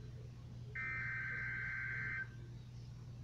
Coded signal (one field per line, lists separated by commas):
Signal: Emergency Alert System (SAME) tones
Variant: header bursts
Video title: REQUIRED WEEKLY TEST - EAS #5 WXJ23 Beaufort